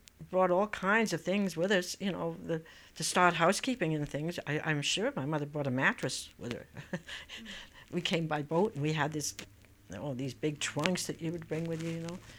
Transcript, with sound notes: We brought all kinds of things with us, you know, to start housekeeping and things. I'm sure my mother brought a mattress with her. ( she laughs ) We came by boat, and we had this, all these big trunks that we'd bring with us, you know.